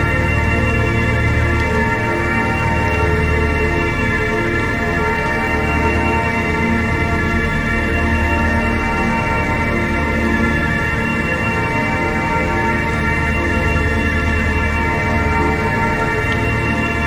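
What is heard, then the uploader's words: Rain blends with slow, meditative music: sustained tones hold steady throughout, layered from a deep low drone up to soft, bright overtones. A fine, even hiss runs beneath them, and the overall loudness stays constant with no sudden events. Soothing Rain Meditation Music. Rain sounds combined with meditative music.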